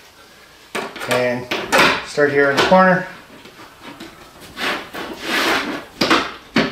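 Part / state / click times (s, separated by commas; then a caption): track gauge tool onto model railroad flex track / seated / 6.0 s. Someone talks while a plastic curve or track gauge is pressed onto a piece of model railroad flex track in the corner. One sharp snap is heard at 6.0 s as the gauge seats onto the track.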